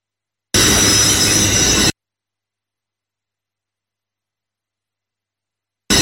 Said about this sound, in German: Also setze ich die Schnellbremse in Tätigkeit und benutze zur Verstärkung noch den Sandstreuer. Wir laufen am Stellwerk vorbei und kommen dann zum Stehen.